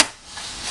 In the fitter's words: I mean it snaps in there but it draws out very easily like very easily